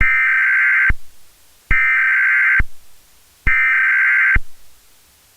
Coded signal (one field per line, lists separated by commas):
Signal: Emergency Alert System (SAME) tones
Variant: header bursts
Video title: SCP-001 "When Day Breaks" Emergency Alert System Broadcast (EAS)